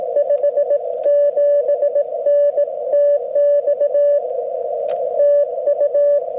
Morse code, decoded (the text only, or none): 57N TX TU